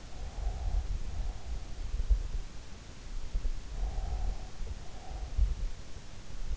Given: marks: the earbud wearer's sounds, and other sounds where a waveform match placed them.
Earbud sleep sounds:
sounds in sleep by an in-ear microphone; breath
0.00-1.79 s: breath
3.62-6.07 s: breath

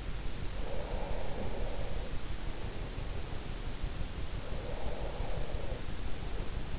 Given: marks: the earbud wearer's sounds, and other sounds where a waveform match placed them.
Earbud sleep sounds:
sounds in sleep by an in-ear microphone; breath
0.15-2.61 s: breath
3.90-6.23 s: breath

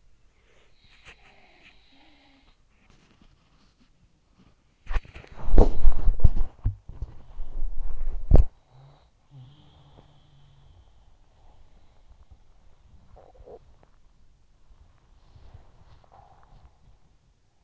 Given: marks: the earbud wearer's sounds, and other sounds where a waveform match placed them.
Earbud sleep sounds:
sounds in sleep by an in-ear microphone; body movement
0.00-17.64 s: body movement
0.34-2.96 s: sound from someone else or the room
4.42-7.04 s: sound from someone else or the room
8.83-11.38 s: sound from someone else or the room
11.46-14.30 s: sound from someone else or the room

